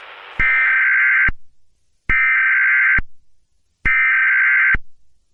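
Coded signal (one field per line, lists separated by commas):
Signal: Emergency Alert System (SAME) tones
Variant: header bursts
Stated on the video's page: Simulated EAS alerts in a fictional audio drama, with a rain backdrop.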